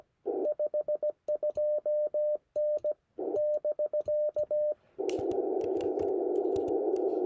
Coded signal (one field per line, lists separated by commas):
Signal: Morse code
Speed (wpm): 17 wpm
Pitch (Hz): 590 Hz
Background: radio noise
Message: 52N <BK>